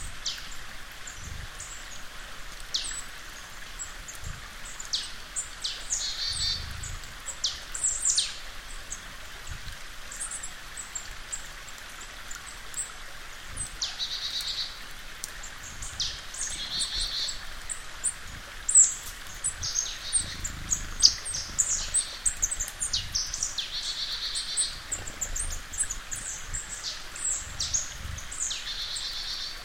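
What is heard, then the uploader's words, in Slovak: Birds sing and call beside a mountain stream, their bright, short chirps and trills popping up every second or two across the whole stretch. Underneath runs a steady, soft rush of flowing water, with occasional low thumps and rustles. Vtáky lietajú a spievajú pri horskom potoku. Poráčska dolina. AB stereo. Mixpre3.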